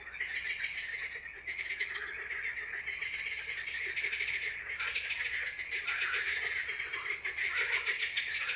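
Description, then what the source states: Frog chorus, dense continuous trilling calls overlapping into a steady wall of sound that swells slightly toward the end. Frog chorus recorded in Czechia.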